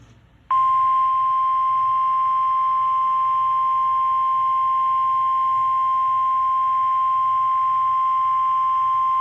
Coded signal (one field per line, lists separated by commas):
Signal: Emergency Alert System (SAME) tones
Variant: 1050 Hz attention tone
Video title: EAS Severe Thunderstorm Warning 5/26/21